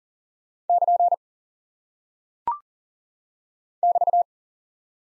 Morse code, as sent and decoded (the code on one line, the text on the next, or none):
-.--. / -...-
<KN> <BT>